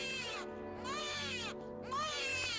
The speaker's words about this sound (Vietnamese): Bất chợt, xen kẽ giữa tiếng róc rách nước chảy vào cốc nhựa là tiếng trẻ con sơ sinh vảng vất đâu đây. Nó cứ lanh lảnh trong đêm tối.